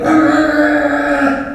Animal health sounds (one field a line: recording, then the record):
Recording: squeal of a Yucatan mini pig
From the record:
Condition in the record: after surgery on the right vocal fold (resection and tissue-engineered implant)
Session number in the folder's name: 4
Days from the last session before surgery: 26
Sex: female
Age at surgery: 19 weeks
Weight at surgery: 25 kg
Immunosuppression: prednisolone